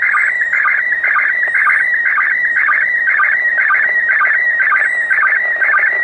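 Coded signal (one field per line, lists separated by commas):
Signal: SSTV (slow-scan television)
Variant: PD 120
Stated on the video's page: SSTV images received from the International Space Station during an overhead pass.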